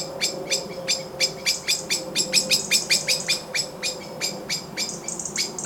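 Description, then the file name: Common blackbird calls: sharp clicking notes repeated steadily, several a second, ending with a brief high buzzy note. "Turdus merula"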